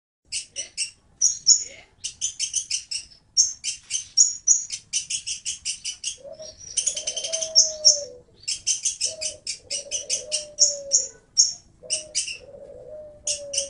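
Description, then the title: Oriental magpie-robin singing fast, varied phrases of rattling, buzzy and whistled high notes almost nonstop; low coos repeat in the second half. "Kicau Kacer"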